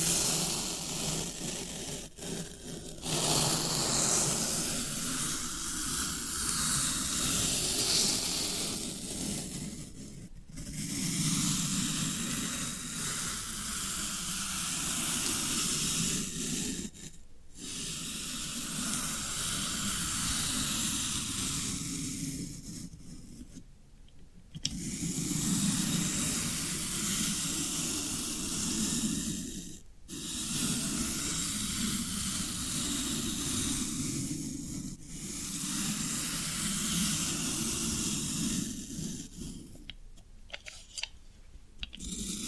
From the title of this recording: Floral Foam Sounds